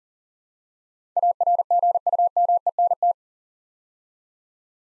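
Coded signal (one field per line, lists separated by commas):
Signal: Morse code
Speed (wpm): 42 wpm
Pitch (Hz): 700 Hz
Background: none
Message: ARGUMENT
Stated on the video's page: Morse practice drill at 40 wpm: 8-letter words built up two letters at a time, for instant character recognition.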